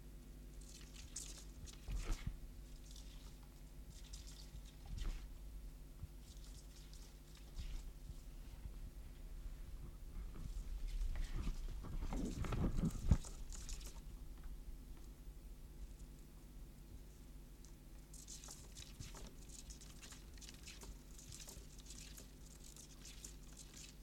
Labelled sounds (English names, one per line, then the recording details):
Common Pine Vole defence call
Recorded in captivity
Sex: male
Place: Wohnung, Berlin, DE
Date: 1988-09-17
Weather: Zimmertemperatur
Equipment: Tesla B 115, RFT DM 2415 (Originalband)
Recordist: Frommolt, Karl-Heinz